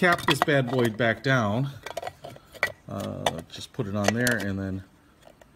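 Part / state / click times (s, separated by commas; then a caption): lid cap onto electric coffee grinder body / not seated / none. Someone talks while putting the plastic cap back onto a Hölm stainless steel electric coffee bean grinder and pushing it down, with brief light knocks of handling between the words. The lid has not yet clicked into place and nothing has seated by the end of the clip.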